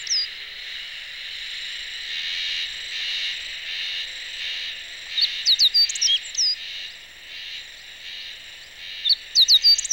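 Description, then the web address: Meadow bunting giving two quick phrases of high, slurred chips later on, over a pulsing, buzzy insect-like drone that runs throughout. Recorded on 11 May 2018 during a bird-watching outing. "chikushishou bird watching club 2018 5 11 hoojiro"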